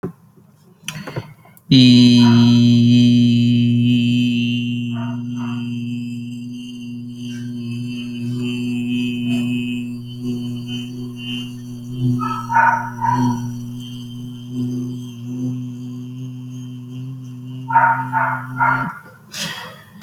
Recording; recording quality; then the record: sustained vowel as in beet; excellent, no background noise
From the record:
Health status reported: healthy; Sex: male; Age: 23 years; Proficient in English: yes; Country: India